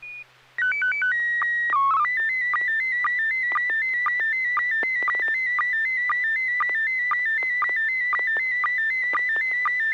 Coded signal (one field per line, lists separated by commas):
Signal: SSTV (slow-scan television)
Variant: PD 120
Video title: N6NA SSTV Net - 08/17/2022